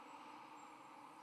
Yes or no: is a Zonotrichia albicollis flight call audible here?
no